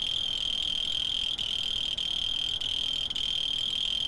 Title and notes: ACA - Grabaciones de campo. Grillo 2. grabaciones hechas en tavira, tangier, lima, bhubanshwar